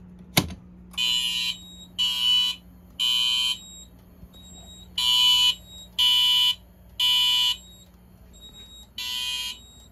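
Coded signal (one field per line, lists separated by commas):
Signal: alarm pattern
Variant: Wheelock MT horn, Code 3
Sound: harsh buzzing horn, three half-second blasts, pause, three more blasts, then another begins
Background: click at start, small room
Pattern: temporal three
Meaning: Fire alarm evacuation signal: leave the building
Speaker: we have a wheel lock Mt set for code 3 tone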